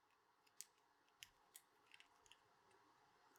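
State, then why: Released. A 2032 coin cell battery is pried out of the plastic key fob case of a 2022–2025 Pathfinder during a 15k service, and one side pops right out. A sharp click is heard at 0.6 s as the battery releases, followed by softer clicks and taps at about 1.2, 1.6, 1.9, 2.0 and 2.3 s. There is no speech in the clip.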